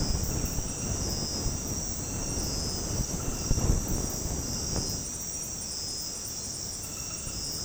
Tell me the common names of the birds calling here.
none